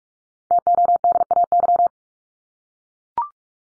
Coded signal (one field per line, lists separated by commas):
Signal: Morse code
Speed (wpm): 44 wpm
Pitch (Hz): 700 Hz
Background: none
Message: TODAY